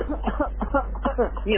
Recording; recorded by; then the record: voluntary cough; telephone call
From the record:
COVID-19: positive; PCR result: checked with the laboratory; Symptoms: no